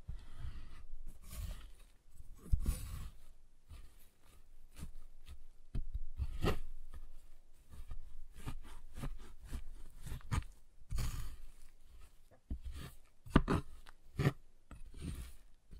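Tapping and cutting on a giant chocolate bar, with irregular sharp snaps and clicks, a louder crack near 2.5 seconds, and scraping between.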